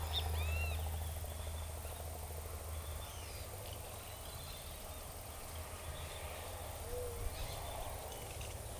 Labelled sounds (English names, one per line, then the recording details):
Great Kiskadee
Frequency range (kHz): Great Kiskadee 1.0-4.5 kHz
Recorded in forest near Pivijay, Magdalena, Colombia, on 4 June 2023 at 13:30
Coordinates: 10.467, -74.380
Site Z5-G034